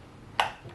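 The release button on the folding arm lock of a plastic arm on a Yuneec Typhoon H hexacopter drone is pressed while slight pressure is put on the bottom of the arm. After quiet background, a single sharp snap at 0.4 s marks the lock disengaging, followed by a brief fading ring. The arm is released and folds back down.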